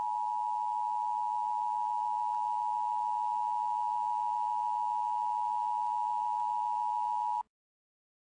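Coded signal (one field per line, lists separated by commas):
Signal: Emergency Alert System (SAME) tones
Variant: 853 and 960 Hz attention tone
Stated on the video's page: Fictional EAS scenario alert about flying butts, a made-up creation.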